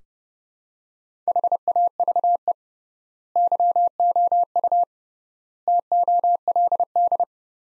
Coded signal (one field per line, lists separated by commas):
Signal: Morse code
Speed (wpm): 32 wpm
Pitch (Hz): 700 Hz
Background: none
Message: HAVE YOU TOLD